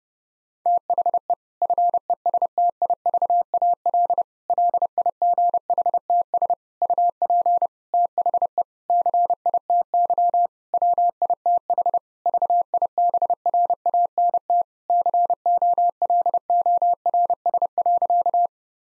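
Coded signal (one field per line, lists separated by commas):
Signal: Morse code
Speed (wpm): 32 wpm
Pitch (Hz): 700 Hz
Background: none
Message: THE FESTIVAL LIGHTS UP THE CITY WITH VIBRANT COLORS.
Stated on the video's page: 30 WPM Morse copying practice of difficult sentences with contextual hints.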